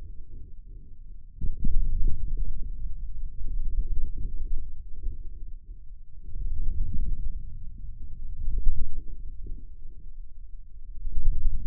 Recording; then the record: forearm muscle sounds (acoustic myography)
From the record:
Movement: ulnar deviation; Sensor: system 2, bracelet of six BSWA MPA416 microphones around the upper forearm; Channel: 6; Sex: male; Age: 22 years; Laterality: right